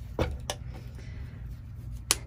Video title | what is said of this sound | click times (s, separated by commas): How to Sew a DPN Holder or Reusable Straw Pouch | check for that nice satisfying clicky now | 2.1 s